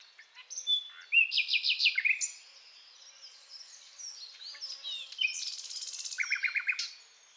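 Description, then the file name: Common nightingale song in varied bursts: rapid repeated notes and buzzy trills, a softer twittering passage, then a loud rattling phrase ending in a quick trill. "Luscinia megarhynchos"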